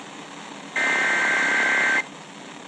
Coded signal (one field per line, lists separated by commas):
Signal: Emergency Alert System (SAME) tones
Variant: header bursts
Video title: NEVER Trust Summer... | EAS #559-567 (Severe Weather Alerts from 6/4/2024)